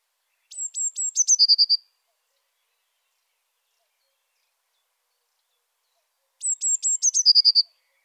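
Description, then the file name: Eurasian blue tit song, two phrases about six seconds apart, each starting with high thin notes and ending in a rapid, lower trill; no other sounds. Saint-Michel-l'Observatoire. "MESANGE BLEUE SAINT MICHEL LOBSERVATOIRE"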